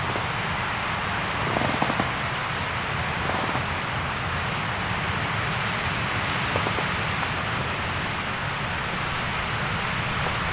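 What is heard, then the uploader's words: Strong wind roars steadily through woodland, a dense low rush with brief bright crackles of branches or leaves around two, three-and-a-half and seven seconds. A recording of 60 mph wind blowing through woodland. Interesting creaking wood sounds. Recorded with Sony PCM D100 in the Pentland Hills around Edinburgh.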